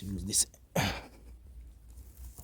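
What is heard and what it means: A drip irrigation fitting is handled with its insert end about to be pushed into its tubing or connector. Someone talks over faint handling sounds, ending with a couple of small taps near 2.2 and 2.4 seconds. Nothing has seated or snapped into place yet.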